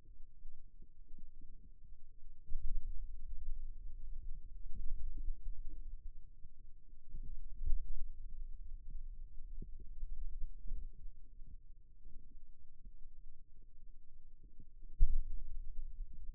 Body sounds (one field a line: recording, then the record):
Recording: forearm muscle sounds (acoustic myography)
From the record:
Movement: pen grasping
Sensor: system 2, bracelet of six BSWA MPA416 microphones around the upper forearm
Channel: 1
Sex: male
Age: 22 years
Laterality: right